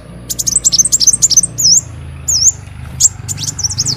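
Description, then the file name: Leafbird song: a rapid twittering run of high notes, then a few drawn-out looping whistles and more chirps, over a low hum. "Tieng chim xanh tim"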